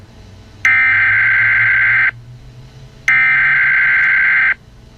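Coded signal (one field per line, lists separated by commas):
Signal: Emergency Alert System (SAME) tones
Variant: header bursts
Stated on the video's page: Fictional EAS scenario alert, a made-up recreation rather than a real broadcast.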